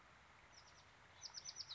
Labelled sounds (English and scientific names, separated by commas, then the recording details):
Bewick's Wren (Thryomanes bewickii)
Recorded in Sonoma County, California